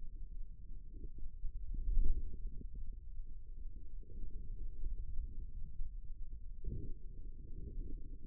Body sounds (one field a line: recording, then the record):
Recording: forearm muscle sounds (acoustic myography)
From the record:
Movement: radial deviation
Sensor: system 2, bracelet of six BSWA MPA416 microphones around the upper forearm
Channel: 4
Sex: female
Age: 25 years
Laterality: right